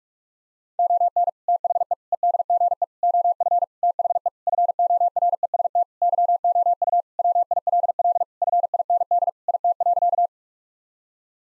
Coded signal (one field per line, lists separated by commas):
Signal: Morse code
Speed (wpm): 46 wpm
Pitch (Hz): 700 Hz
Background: none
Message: ON THE EDGE OF THE FOREST YOU WILL FIND IT.